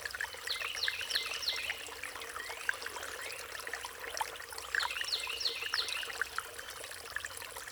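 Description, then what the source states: Songbirds singing, a jumbled phrase of trills and whistled notes twice, about four seconds apart, over a babbling stream. Riparian zone.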